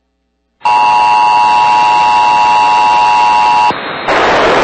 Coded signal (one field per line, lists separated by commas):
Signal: Emergency Alert System (SAME) tones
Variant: 853 and 960 Hz attention tone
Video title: EAS Hurricane Warning Puerto Rico (Including San Juan) Hurricane/TS Fiona NOAA Weather Radio